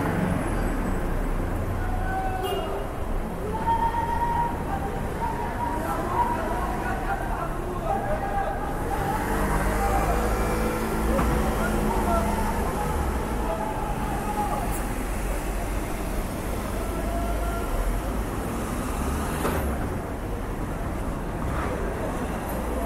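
City ambience with a constant low rumble of traffic filling the whole clip at a steady level. Scattered voices and short bright chirps rise above it now and then, with a slightly busier stretch around the middle.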